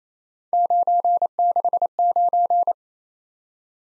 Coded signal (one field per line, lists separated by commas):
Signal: Morse code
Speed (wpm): 28 wpm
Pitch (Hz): 700 Hz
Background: none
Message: 969